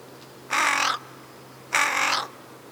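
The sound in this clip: Crow calling two harsh, hoarse caws about a second apart, rough and broad-toned, with a low background hum.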